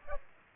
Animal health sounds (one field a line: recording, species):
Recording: mosquito wingbeat signal from an infrared sensor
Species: Aedes aegypti